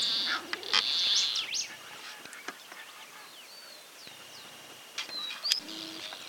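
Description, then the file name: Rufous-tailed plantcutter giving a harsh, rasping buzzy call at the start, followed by quieter scattered chirps. "cortarramas voz"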